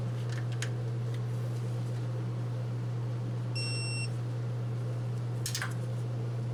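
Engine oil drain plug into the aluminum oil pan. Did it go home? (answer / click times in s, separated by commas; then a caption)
yes / 5.5 s, 5.6 s. On a 2017–2022 Honda CR-V 1.5L, the engine oil drain plug is snugged into the aluminum oil pan and then tightened with a click-type torque wrench set to 30, because over-tightening strips the aluminum threads. Over a steady low hum, a few light ratcheting ticks sound early, and a brief tonal beep comes near 3.6 s. The wrench breaks over with a sharp double click at 5.5 and 5.6 seconds, showing the plug has reached its set torque.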